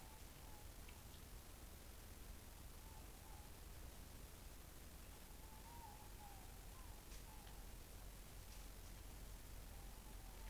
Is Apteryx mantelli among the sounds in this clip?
no